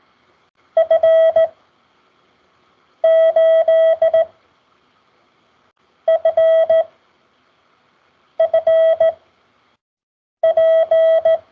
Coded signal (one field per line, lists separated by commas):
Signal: Morse code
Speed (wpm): 17 wpm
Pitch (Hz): 650 Hz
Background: none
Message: F8FFP